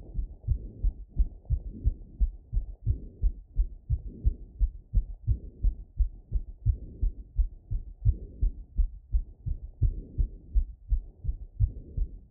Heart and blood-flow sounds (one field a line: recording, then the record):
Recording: heart sounds by stethoscope after running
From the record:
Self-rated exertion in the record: vigorous exertion (4 of 6)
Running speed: 10 mph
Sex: female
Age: 28 years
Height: 155 cm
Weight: 44 kg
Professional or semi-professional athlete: no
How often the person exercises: 3 to 5 times a week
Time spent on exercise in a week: over 5 hours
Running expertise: yes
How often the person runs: 3 to 5 times a week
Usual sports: running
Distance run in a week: 45 km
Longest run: 32 km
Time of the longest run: 200 minutes